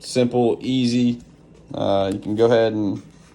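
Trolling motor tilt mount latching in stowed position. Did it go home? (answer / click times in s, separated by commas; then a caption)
no / none. Someone talks while handling a trolling motor on its tilt mount on a Bonafide SS127, moving it toward the stowed travel position. No knock is heard; the clip ends before the mount latch engages, so nothing has seated or clicked yet.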